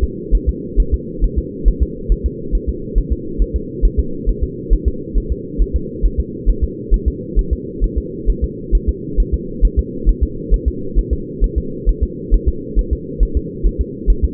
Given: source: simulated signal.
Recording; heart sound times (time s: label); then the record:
fetal heart sounds
0.04 s: S2
0.35 s: S1
0.49 s: S2
0.80 s: S1
0.94 s: S2
1.24 s: S1
1.38 s: S2
1.68 s: S1
1.83 s: S2
2.12 s: S1
2.26 s: S2
2.55 s: S1
2.69 s: S2
2.98 s: S1
3.12 s: S2
3.42 s: S1
3.56 s: S2
3.85 s: S1
4.00 s: S2
4.29 s: S1
4.44 s: S2
4.73 s: S1
4.88 s: S2
5.17 s: S1
5.32 s: S2
5.61 s: S1
5.76 s: S2
6.05 s: S1
6.20 s: S2
6.50 s: S1
6.64 s: S2
6.94 s: S1
7.08 s: S2
7.39 s: S1
7.53 s: S2
7.84 s: S1
7.98 s: S2
8.30 s: S1
8.44 s: S2
8.75 s: S1
8.89 s: S2
9.20 s: S1
9.34 s: S2
9.65 s: S1
9.79 s: S2
10.09 s: S1
10.23 s: S2
10.54 s: S1
10.68 s: S2
10.99 s: S1
11.13 s: S2
11.44 s: S1
11.58 s: S2
11.89 s: S1
12.03 s: S2
12.34 s: S1
12.48 s: S2
12.79 s: S1
12.93 s: S2
13.23 s: S1
13.37 s: S2
13.66 s: S1
13.81 s: S2
14.10 s: S1
14.24 s: S2
From the record:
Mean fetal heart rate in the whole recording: 135 bpm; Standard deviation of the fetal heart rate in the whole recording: 3 bpm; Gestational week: 36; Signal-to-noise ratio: -4.3 dB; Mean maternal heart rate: 72 bpm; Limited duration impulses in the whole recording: present